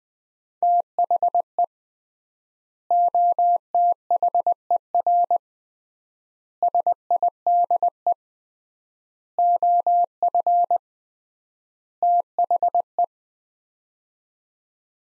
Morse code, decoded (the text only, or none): THE OTHER SIDE OF THE